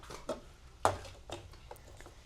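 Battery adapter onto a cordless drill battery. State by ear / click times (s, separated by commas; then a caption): seated / 0.8 s. A plastic Power Wheels battery adapter is pushed onto an 18-volt cordless drill battery to power-test a Razor MX350 dirt bike, with a few quieter plastic knocks around the single sharp, loud click at 0.9 s. The adapter latches and is seated on the battery.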